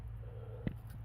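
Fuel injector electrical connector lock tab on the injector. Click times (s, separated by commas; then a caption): 0.7 s. A small screwdriver is slipped under the plastic locking tab of a fuel injector's electrical connector and the tab is pulled up, giving one short, sharp click at 0.7 s over a steady low hum. The click is the connector lock releasing, ready for the connector to be pushed down and pulled off the injector.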